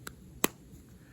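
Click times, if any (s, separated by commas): 0.4 s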